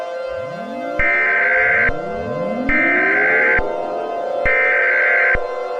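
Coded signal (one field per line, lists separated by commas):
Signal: Emergency Alert System (SAME) tones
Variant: header bursts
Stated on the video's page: Fictional EAS scenario, not a real alert.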